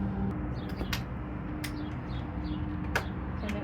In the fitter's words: it snaps into place.